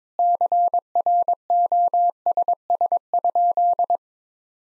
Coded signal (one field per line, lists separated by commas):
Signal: Morse code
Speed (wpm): 22 wpm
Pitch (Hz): 700 Hz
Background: none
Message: CROSS?